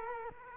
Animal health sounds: mosquito wingbeat signal from an infrared sensor; Culex quinquefasciatus

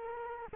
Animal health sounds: mosquito wingbeat signal from an infrared sensor; Culex quinquefasciatus

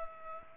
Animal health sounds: mosquito wingbeat signal from an infrared sensor; Culex pipiens

